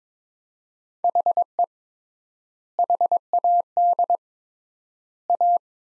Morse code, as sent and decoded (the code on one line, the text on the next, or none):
.... . / .... .- -.. / .-
HE HAD A